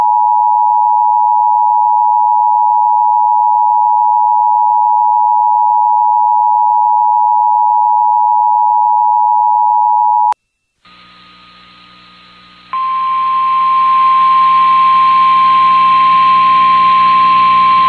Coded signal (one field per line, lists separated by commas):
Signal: Emergency Alert System (SAME) tones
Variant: 853 and 960 Hz attention tone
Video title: EAS Another Tornado Warning on WBNF-FM (April 21, 2024) 1:53am